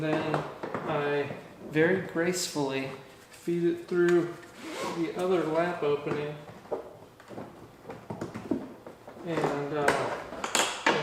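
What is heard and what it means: A seat belt is fed through the lap-belt opening of a Sparco QRT-R racing seat being installed in a 1999 Miata, with rustling and light knocks while someone talks. Nothing has been buckled or clicked yet.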